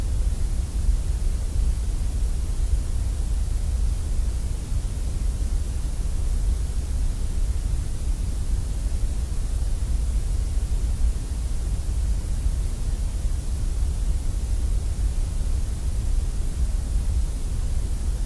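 Grey noise plays as a steady, unbroken hiss with a full, heavy low rumble underneath and a softer airy top. The level stays constant for the whole clip, with no events, pauses or other sounds.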